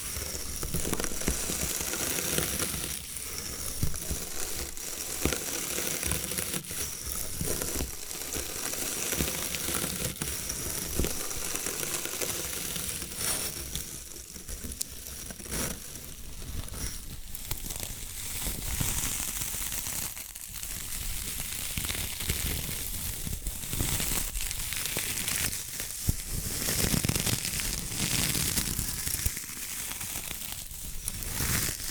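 Bamboo being tapped, scratched and brushed, with dense, crinkly rustling that runs nearly without pause for the whole half minute. Sharp knocks punctuate it every second or so, and the sound stays bright and dry, swelling slightly in busier stretches around 15, 20 and 27 seconds.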